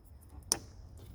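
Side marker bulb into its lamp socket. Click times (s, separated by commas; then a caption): 0.5 s. A new wedge-base turn signal/side marker bulb for a 2012 Toyota Camry is pushed into its plastic lamp socket. Against a quiet background, one sharp, loud click is heard at 0.5 s as the bulb seats in the socket.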